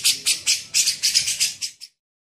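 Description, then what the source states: Grey-cheeked bulbul harsh notes: a short run of several buzzy rasps, then silence. Masteran training recording made for teaching songbirds.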